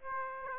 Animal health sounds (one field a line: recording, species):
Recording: mosquito wingbeat signal from an infrared sensor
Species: Aedes aegypti